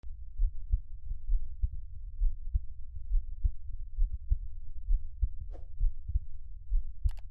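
An adult's heartbeat heard up close: soft, deep thumps at about 67 a minute, steady, with a couple of faint clicks.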